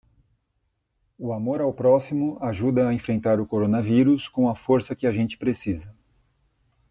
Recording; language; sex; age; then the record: spoken sentence; Brazilian Portuguese; male; 50 to 59 years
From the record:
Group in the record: control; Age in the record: 54 years